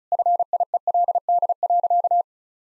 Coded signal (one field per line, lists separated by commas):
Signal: Morse code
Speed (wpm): 34 wpm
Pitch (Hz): 700 Hz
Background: none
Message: FIELD.